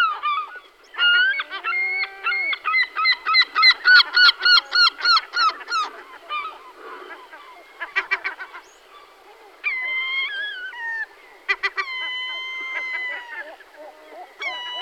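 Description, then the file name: Herring gull: a rapid laughing series of many short barking notes, followed by drawn-out wavering wails and scattered calls. Source lists the bird under both Larus argentatus and Larus cachinnans. "Racek stribrity Larus argentatus Larus cachinnans"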